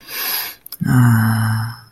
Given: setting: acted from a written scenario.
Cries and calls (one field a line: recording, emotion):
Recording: vocal sound without words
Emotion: sympathy